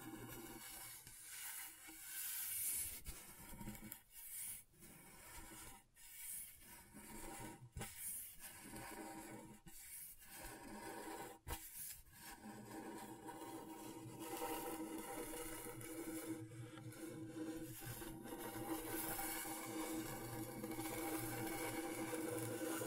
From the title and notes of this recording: ASMR Brain Tingling Scratchboard (No Talking).